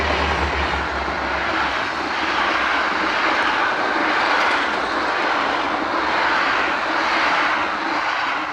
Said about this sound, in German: In einer regnerischen Nacht stehen Donegan, Kinsey und der von Mona Monckton empfohlene Elektriker Walter Lloyd an der Böschung am Bahndamm und beobachten einen vorbeirasenden Zug.